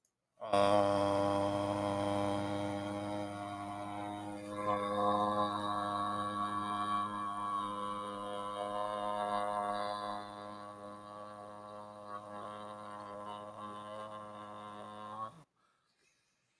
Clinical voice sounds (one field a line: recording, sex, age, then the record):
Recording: vowel held as long as possible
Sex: male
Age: 20 to 29 years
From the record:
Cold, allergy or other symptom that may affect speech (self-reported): no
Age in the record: 24 years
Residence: Texas, United States